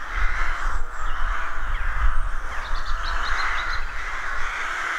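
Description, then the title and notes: Rooks in a colony, with harsh overlapping caws that churn continuously in a noisy chorus, a few high thin chirps from small birds, and a low rumble beneath. Colony of over 300 rooks nesting close together in a dozen roadside trees, deeply rural County Armagh woodland, early spring; pairs greeting, squabbling with neighbours, first chicks hatching. "Sound Escape 113: Enjoy the stirring cacophony of a rook colony. deeply rural County Armagh. It's early spring and the rooks rule the woodlands. BBC Countryfile Magazine's Sound Escapes"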